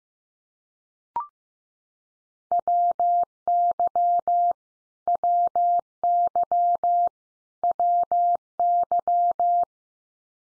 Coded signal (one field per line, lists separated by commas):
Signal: Morse code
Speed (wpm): 15 wpm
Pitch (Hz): 700 Hz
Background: none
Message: WY WY WY